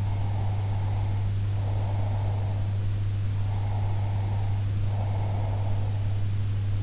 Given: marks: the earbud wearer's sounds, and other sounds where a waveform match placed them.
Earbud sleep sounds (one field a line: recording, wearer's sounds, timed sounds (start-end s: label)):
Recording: sounds in sleep by an in-ear microphone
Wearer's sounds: breath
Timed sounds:
0.00-2.68 s: breath
3.45-6.08 s: breath